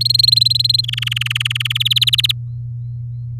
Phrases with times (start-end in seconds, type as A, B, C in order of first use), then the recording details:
0.00-0.81 A, 0.83-1.73 B, 1.75-2.32 C. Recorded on 7 May 2018 at 13:42. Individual llb16